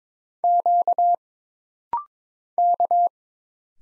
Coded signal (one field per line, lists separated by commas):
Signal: Morse code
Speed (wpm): 22 wpm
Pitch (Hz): 700 Hz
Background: none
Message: Q K